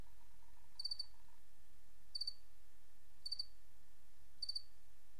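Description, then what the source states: Cricket chirping, four brief high three-pulse chirps a little over a second apart, with faint tonal notes early on and a low background hiss. 28 August 2007; white-noise crickets.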